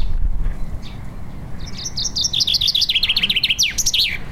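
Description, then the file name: Common chaffinch song: a quick series of bright notes tumbling downward in pitch and ending in a brief flourish, over low rumbling background noise. "Fringilla coelebs"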